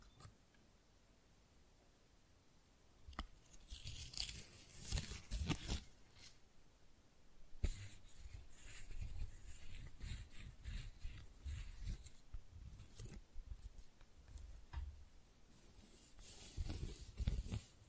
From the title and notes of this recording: ASMR Most Beautiful Tingly Flower Sounds (No Talking).